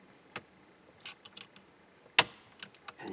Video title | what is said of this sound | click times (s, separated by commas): Diagnose and repair no brake lights (3rd brake light works) | you hear a snap okay | 2.2 s